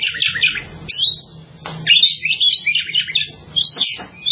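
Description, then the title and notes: Bird song of bright, rapid chirps and quick whistles in short bursts. "Bird Sound. Kicau Burung Lengkap"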